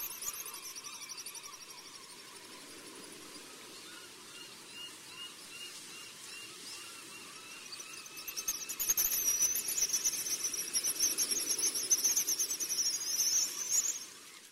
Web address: Songs of Birds of North America. Pigeon Guillemot